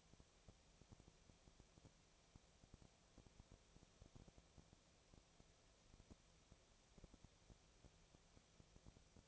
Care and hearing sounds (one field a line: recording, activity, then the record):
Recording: daily activity, microphone in the room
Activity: no activity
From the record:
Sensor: 1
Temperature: 19.6 degrees Celsius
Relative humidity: 36.5%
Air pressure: 996.9 hPa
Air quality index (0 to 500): 204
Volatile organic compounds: 128 ppm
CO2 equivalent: 3916 ppm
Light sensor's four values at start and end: 1/2/1/1 and 1/2/1/1